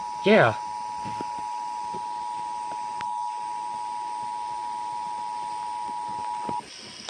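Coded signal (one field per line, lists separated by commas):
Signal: Emergency Alert System (SAME) tones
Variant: 853 and 960 Hz attention tone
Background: speech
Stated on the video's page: Received from NOAA Weather Radio WXL86 on 162.400 MHz and FM station on 96.9.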